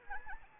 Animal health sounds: mosquito wingbeat signal from an infrared sensor; Anopheles arabiensis

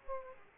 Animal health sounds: mosquito wingbeat signal from an infrared sensor; Aedes aegypti

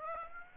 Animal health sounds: mosquito wingbeat signal from an infrared sensor; Aedes aegypti

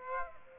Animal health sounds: mosquito wingbeat signal from an infrared sensor; Aedes aegypti

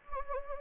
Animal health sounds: mosquito wingbeat signal from an infrared sensor; Anopheles gambiae

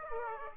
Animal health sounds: mosquito wingbeat signal from an infrared sensor; Aedes aegypti

